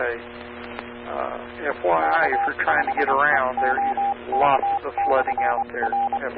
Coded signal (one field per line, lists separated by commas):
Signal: Morse code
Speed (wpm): 24 wpm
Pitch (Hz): 800 Hz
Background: speech, radio noise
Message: K5EOK/R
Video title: 2015-05-06 - K5EOK 147.1350 MHz Edmond ARS Repeater